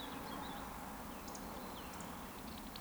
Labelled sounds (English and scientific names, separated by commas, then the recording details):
Eurasian Woodcock (Scolopax rusticola) whistle
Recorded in Baden-Württemberg, Germany, on 13 June 2020 at 20:12 UTC
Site 14569, 102 m above sea level